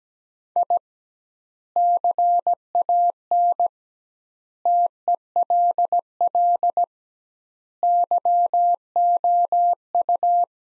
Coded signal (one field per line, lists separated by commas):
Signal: Morse code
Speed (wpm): 17 wpm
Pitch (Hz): 700 Hz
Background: none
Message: I CAN TELL YOU